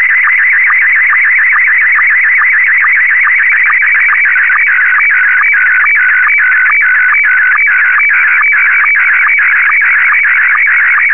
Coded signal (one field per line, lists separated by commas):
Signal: SSTV (slow-scan television)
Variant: Scottie 1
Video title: SSTV decoding using mmsstv and wavecom